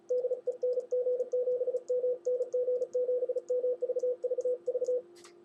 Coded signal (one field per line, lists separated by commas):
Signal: Morse code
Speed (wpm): 36 wpm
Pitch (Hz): 500 Hz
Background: radio noise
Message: DE NG7M NG7M VVV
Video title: NG7M's Tokyo Hy-Power HL-2500FX (SOLD) 1500 Watt HF+6M Solid State Amplifier (SOLD)